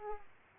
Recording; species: mosquito wingbeat signal from an infrared sensor; Aedes aegypti